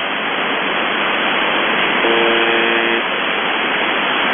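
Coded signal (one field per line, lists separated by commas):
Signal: numbers station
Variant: UVB-76 (The Buzzer)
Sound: steady radio hiss with one harsh, roughly one-second buzz in the middle; no voice heard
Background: radio static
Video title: The Buzzer/UVB-76(4625Khz) December 6, 2021 11:05UTC Voice message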